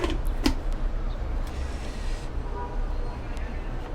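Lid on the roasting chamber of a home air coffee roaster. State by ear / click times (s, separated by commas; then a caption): seated / 0.5 s. A lid is placed on the roasting chamber of a home air coffee roaster and locks into place, with a sharp click at 0.5 s. A steady low hum and broadband noise continue throughout the clip.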